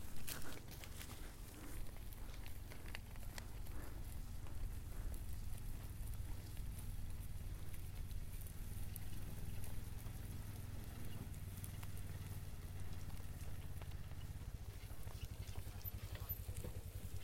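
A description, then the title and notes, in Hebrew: A daily walk in the forest, carried by a steady low droning hum that runs the whole time without a break. Over it comes a dense, fine crackling and ticking, with sharper taps scattered throughout, slightly louder in the first second. טיול יומי ביער.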